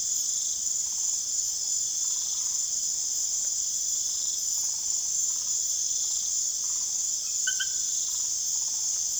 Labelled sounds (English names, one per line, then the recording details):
none
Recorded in secondary vegetation near Puerto Asís, Putumayo, Colombia, on 23 June 2025 at 22:00
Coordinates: 0.489, -76.322
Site G021